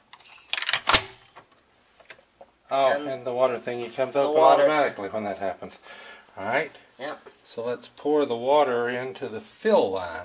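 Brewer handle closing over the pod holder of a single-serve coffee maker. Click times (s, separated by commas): 0.5 s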